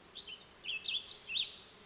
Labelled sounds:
Warbling Vireo (Vireo gilvus)
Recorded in Sonoma County, California

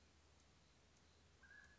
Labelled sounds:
Mountain Quail (Oreortyx pictus)
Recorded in Sonoma County, California

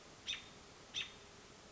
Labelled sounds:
American Robin (Turdus migratorius)
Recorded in Sonoma County, California

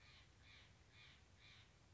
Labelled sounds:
Steller's Jay (Cyanocitta stelleri)
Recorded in Sonoma County, California

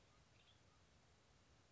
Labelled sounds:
Western Tanager (Piranga ludoviciana)
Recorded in Sonoma County, California

